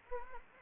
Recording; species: mosquito wingbeat signal from an infrared sensor; Anopheles arabiensis